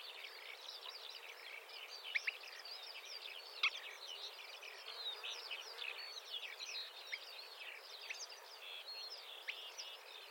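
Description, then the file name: Marsh warbler song, a fast, continuous stream of varied chattering and twittering notes with brief sharp accents, steady throughout. "suara kicauan burung marsh warbler. omkicau"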